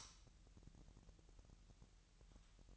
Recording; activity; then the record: daily activity, microphone in the room; light on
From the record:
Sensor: 3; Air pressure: 1001.9 hPa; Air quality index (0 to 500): 246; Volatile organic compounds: 48 ppm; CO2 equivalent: 3273 ppm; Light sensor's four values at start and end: 6/13/5/5 and 6/13/5/5